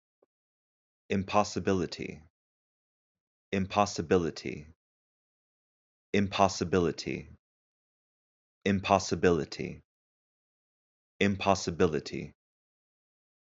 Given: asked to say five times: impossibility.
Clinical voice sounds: repeated word; male; 30 to 39 years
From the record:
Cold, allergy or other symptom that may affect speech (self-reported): no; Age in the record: 34 years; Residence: United States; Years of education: 17

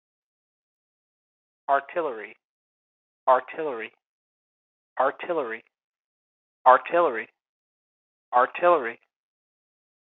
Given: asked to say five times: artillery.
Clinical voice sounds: repeated word; male; 30 to 39 years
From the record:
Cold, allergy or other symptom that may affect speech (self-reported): no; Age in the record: 31 years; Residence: Massachusetts, United States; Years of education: 14

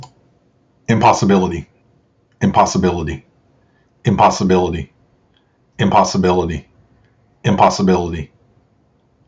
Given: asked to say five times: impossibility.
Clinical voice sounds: repeated word; male; 50 to 59 years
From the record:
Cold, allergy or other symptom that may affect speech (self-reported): no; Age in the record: 50 years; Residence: North Carolina, United States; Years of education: 16

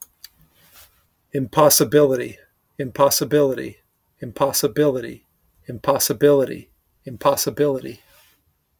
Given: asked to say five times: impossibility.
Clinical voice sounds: repeated word; male; 40 to 49 years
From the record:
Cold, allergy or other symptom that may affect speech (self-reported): no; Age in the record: 41 years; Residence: California, United States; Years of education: 16

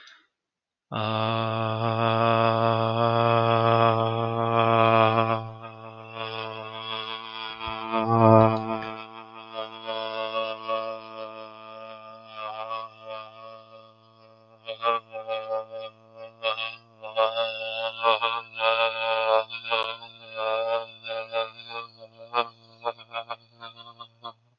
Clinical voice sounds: vowel held as long as possible; male; 20 to 29 years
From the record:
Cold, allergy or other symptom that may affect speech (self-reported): no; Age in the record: 24 years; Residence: West Virginia, United States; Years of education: 16

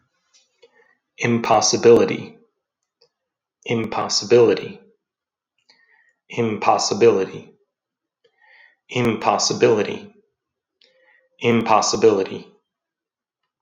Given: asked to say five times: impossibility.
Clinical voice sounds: repeated word; male; 30 to 39 years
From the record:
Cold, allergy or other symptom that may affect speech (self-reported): no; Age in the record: 32 years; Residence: Texas, United States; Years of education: 18

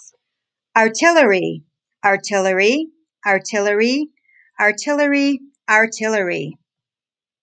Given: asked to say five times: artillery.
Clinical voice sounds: repeated word; female; 30 to 39 years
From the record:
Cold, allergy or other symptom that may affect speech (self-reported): no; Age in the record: 37 years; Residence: Florida, United States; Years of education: 19

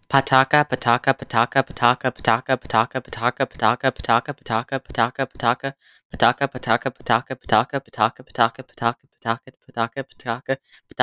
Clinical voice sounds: repeated syllables /pa ta ka/; male; 20 to 29 years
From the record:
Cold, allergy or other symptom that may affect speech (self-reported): no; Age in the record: 20 years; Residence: Florida, United States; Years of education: 14

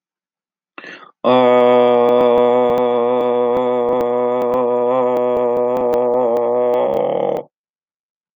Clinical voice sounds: vowel held as long as possible; male; 50 to 59 years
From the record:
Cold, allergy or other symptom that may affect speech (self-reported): no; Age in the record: 55 years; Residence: Ohio, United States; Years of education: 12

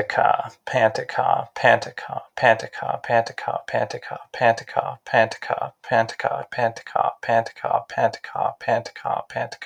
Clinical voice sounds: repeated syllables /pa ta ka/; male; 40 to 49 years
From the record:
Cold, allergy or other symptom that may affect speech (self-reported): no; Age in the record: 40 years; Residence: Arizona, United States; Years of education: 12

